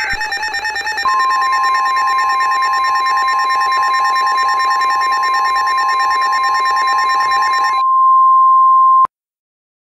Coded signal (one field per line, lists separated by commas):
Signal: Emergency Alert System (SAME) tones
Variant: 1050 Hz attention tone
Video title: EAS Mock #112: SVR in Baldwin and Mobile, AL June 10, 2023